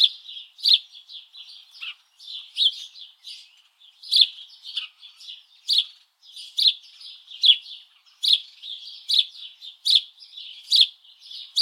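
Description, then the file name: House sparrow chirping steadily, loud sharp chirps recurring about every second amid softer twittering notes. "Passer domesticus"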